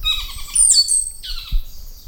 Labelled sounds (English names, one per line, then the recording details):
Stitchbird song
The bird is a male
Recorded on Tiritiri Matangi Island, New Zealand, in 2005
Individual 16, of nest box 24